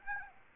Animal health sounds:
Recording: mosquito wingbeat signal from an infrared sensor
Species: Aedes aegypti

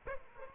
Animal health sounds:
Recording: mosquito wingbeat signal from an infrared sensor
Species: Aedes aegypti

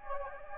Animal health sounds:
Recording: mosquito wingbeat signal from an infrared sensor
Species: Anopheles gambiae

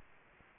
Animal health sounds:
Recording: mosquito wingbeat signal from an infrared sensor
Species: Anopheles gambiae

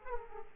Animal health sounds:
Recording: mosquito wingbeat signal from an infrared sensor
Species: Aedes aegypti

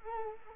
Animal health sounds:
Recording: mosquito wingbeat signal from an infrared sensor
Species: Culex quinquefasciatus

